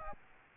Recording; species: mosquito wingbeat signal from an infrared sensor; Aedes aegypti